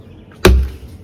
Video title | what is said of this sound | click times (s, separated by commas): DIY How to Install a Retractable Clothesline That Actually Works - Gorilla Line Max Tutorial | it presses on there. Just take that, pop it in there. | 0.5 s